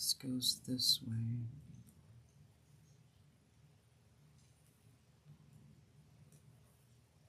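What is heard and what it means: A piece for a DIY miniature fireplace made of air-dry material is turned the right way and handled as it is about to be pressed in. Someone talks briefly at the start, followed by quiet, faint handling noises over a low background. Nothing has seated or clicked yet by the end.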